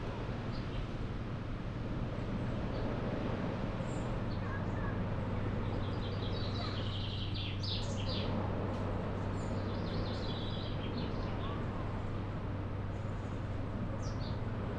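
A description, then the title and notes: Where cool woodland meets the summer sea, a steady, dense wash of sound fills the whole clip over a low, constant hum. Bright bird chirps and short trills break through now and then, clustering between about four and eleven seconds. Where cool woodland meets the summer sea. At the far end of the long sandy beach at Tenby there's an area of cool, shady woodland.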